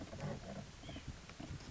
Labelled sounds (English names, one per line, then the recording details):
White-breasted Nuthatch
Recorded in Sonoma County, California